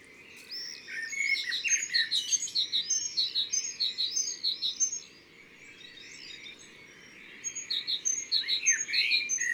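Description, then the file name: Great tit song, paired ringing notes repeated in two spells, amid other bird sounds. Recorded in the Drôme, France. "Mesange cherbonniere Concerts Naturels de la Drome Studio les Trois Becs"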